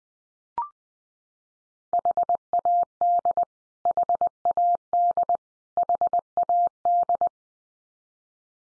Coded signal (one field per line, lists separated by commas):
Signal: Morse code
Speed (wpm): 20 wpm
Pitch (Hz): 700 Hz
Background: none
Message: HAD HAD HAD